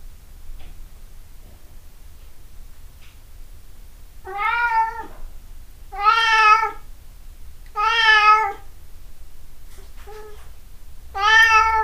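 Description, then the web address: Cat silent at first, then five meows spaced about two seconds apart, the fourth fainter, over a soft hum. 26 April 2008. "misc sound cat cat 20080426"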